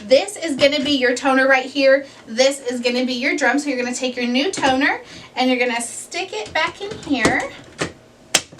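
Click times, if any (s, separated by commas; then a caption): 8.3 s. Someone talks while a new plastic toner cartridge for a Brother HL 3075cw printer is pushed into its drum unit. A small knock sounds at 7.8 s, then a sharp click at 8.4 s as the cartridge latches and seats in the drum unit.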